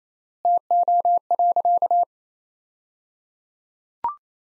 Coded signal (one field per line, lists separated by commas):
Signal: Morse code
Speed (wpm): 27 wpm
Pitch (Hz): 700 Hz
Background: none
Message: TO.